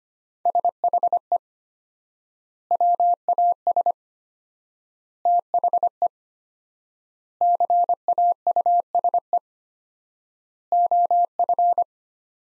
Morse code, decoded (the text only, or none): SHE WAS THE CAUSE OF